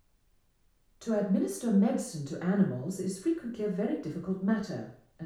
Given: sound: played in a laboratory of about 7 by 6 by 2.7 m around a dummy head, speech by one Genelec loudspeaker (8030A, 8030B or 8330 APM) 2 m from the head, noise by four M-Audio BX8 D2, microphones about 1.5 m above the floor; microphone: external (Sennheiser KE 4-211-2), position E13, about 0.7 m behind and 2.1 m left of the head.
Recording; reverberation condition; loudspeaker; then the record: female speech in English; medium; 60 degrees to the left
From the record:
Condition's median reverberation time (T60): about 510 ms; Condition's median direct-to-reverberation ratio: about -0.5 dB